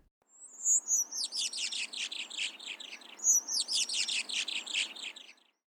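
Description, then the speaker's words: California Towhee squeal duet: a very high thin squeal slurring downward, then a rapid tumbling series of squeaky descending notes, given twice in quick succession. Squeal duet sung by a mated pair to each other after being separated, continuing until the two are right next to each other again. "One type of song the towhees sing is called a squeal duet."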